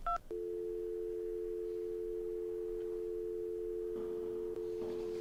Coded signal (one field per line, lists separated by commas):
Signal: telephone call progress tone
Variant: North America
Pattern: dial tone